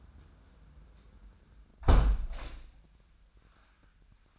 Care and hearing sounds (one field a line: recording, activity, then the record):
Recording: daily activity, microphone in the room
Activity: close window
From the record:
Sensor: 2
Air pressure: 998.4 hPa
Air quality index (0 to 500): 148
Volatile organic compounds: 4 ppm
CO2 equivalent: 1684 ppm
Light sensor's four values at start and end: 9/21/9/10 and 9/21/9/10